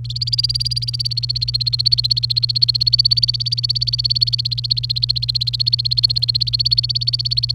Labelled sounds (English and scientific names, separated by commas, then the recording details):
Domestic Canary (Serinus canaria) song
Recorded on 28 April 2018 at 10:26
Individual llb3